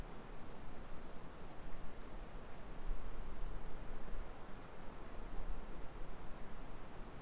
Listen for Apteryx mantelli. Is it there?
no